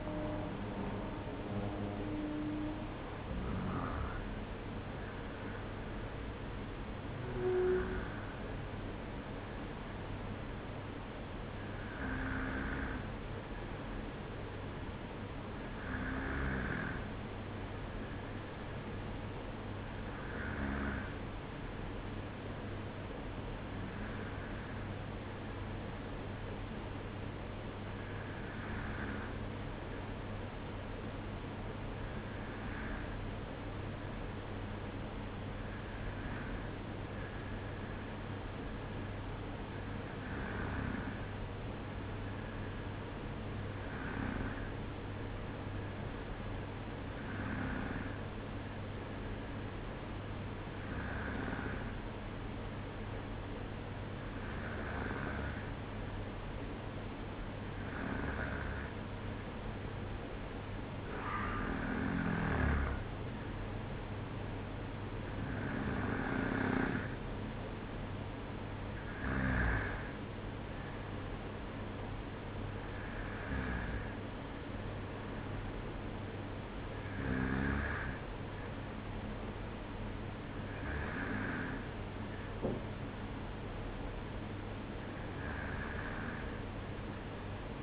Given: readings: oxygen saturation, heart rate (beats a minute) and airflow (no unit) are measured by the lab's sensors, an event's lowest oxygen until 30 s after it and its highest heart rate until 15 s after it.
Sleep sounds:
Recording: breathing in sleep by a voice recorder at the bedside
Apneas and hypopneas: none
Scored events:
17.00-87.83 s: new sleep stage, N2 (light sleep)
From the record:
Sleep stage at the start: N1 (lightest sleep)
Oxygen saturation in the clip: 93 to 95%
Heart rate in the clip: 52 to 57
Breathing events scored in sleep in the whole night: 305 in 9.6 hours asleep

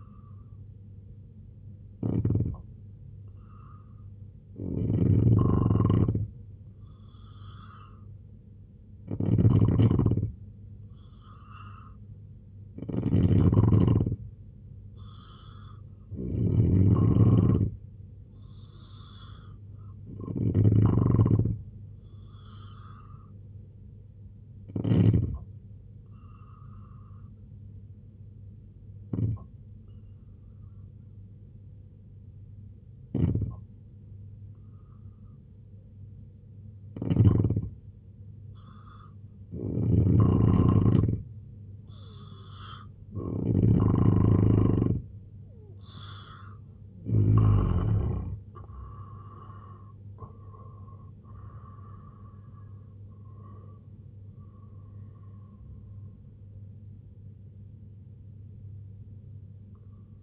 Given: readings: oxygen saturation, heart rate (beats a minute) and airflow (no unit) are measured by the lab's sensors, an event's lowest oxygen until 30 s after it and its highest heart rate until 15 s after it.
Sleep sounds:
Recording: breathing in sleep by a smartphone at the bedside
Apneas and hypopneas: 1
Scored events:
26.00-46.30 s: hypopnea (N2, oxygen 92% highest, then 85% lowest, heart rate 71 at the start, 93 highest)
From the record:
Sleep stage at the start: N2 (light sleep)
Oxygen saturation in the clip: 85 to 92%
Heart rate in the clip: 67 to 93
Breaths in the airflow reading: 13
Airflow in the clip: -6.2 to 9.8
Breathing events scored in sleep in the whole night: 258 in 7.4 hours asleep

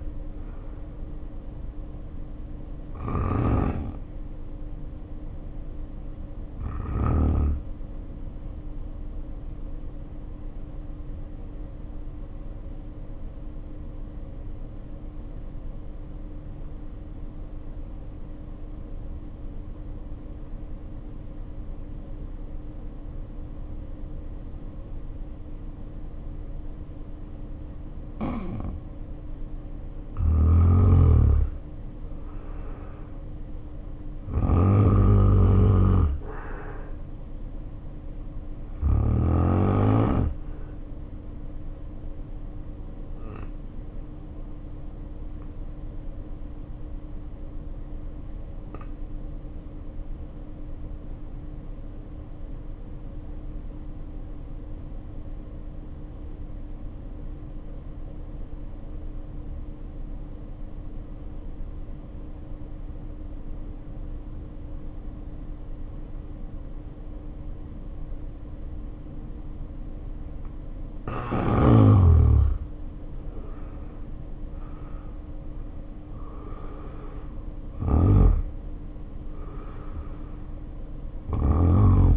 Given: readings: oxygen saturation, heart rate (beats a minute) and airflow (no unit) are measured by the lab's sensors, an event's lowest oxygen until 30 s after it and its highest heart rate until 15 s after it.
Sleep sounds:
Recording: breathing in sleep by a smartphone at the bedside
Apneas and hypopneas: 2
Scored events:
7.00-30.40 s: hypopnea (N1, oxygen 94% highest, then 81% lowest, heart rate 47 at the start, 64 highest)
11.00-41.00 s: new sleep stage, N2 (light sleep)
41.00-71.00 s: new sleep stage, N1 (lightest sleep)
43.00-72.60 s: hypopnea (N1, oxygen 94% highest, then 75% lowest, heart rate 55 at the start, 69 highest)
71.00-82.17 s: new sleep stage, N2 (light sleep)
From the record:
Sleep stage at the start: N1 (lightest sleep)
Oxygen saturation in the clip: 75 to 94%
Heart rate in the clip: 47 to 69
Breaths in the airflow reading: 23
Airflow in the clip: -1.7 to 3.5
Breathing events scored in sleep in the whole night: 520 in 7.2 hours asleep

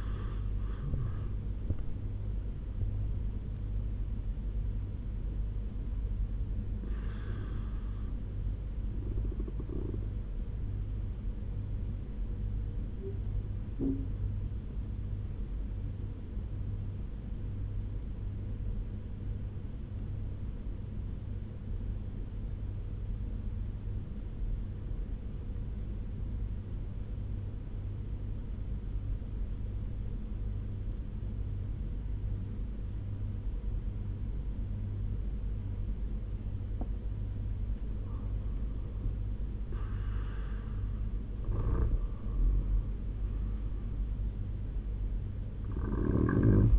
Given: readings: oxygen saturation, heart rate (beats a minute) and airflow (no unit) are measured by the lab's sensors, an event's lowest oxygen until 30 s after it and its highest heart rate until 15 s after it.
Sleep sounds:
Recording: breathing in sleep by a smartphone at the bedside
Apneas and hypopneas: 1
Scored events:
17.00-37.70 s: obstructive apnea (N1, oxygen 97% highest, then 90% lowest, heart rate 71 at the start, 88 highest)
25.00-46.79 s: new sleep stage, N2 (light sleep)
From the record:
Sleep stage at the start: N1 (lightest sleep)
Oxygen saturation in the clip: 87 to 97%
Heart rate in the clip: 71 to 88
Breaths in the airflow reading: 5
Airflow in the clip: -12.9 to 13.6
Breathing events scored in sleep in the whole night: 201 in 6.5 hours asleep

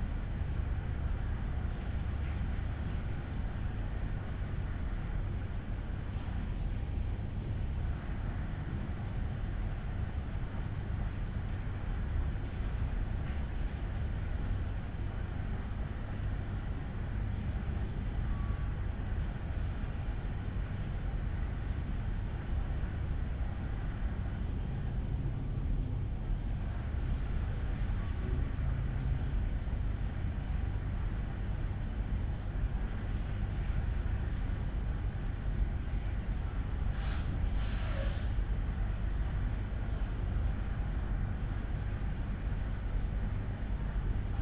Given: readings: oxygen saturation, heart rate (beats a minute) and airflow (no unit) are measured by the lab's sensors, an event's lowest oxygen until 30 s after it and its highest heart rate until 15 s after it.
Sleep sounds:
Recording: a person awake in a sleep study, by a smartphone at the bedside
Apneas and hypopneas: none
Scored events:
0.00-44.41 s: awake
From the record:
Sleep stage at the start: awake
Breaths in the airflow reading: 13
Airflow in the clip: -0.8 to 0.6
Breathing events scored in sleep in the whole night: 368 in 8.0 hours asleep

